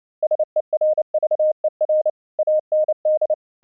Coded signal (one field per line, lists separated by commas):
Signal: Morse code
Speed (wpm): 29 wpm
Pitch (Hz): 620 Hz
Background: none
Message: SERVER AND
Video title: Low Latency Audio Streaming using the FREE AUDIO SERVER from StreamYourAudio.Com, Morse code example